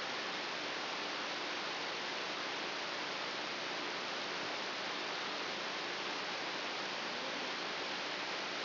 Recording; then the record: brain microelectrode recording played as sound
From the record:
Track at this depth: outside the subthalamic nucleus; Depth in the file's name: 6.401 mm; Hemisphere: right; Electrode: 3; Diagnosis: Parkinson's disease